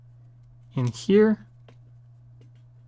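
Someone talks briefly while a Fold S Pen stylus is placed into the hidden compartment in the plastic kickstand area of a Samsung Galaxy Z Fold 4 case, followed by a faint short tap at 1.7 s. This is only the placement before the pen is pushed home, so nothing has clicked into place yet.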